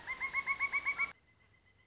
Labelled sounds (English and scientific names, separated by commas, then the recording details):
Pileated Woodpecker (Dryocopus pileatus)
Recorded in Sonoma County, California